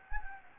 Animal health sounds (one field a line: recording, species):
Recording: mosquito wingbeat signal from an infrared sensor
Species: Anopheles gambiae